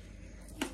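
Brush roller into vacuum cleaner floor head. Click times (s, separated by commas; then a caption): 0.6 s. A new brush roller is pressed into the floor head of a Proscenic F10 cordless wet-dry vacuum. After quiet low background noise, one sharp click sounds at 0.6 s as the roller snaps in. The roller is seated and confirmed secure.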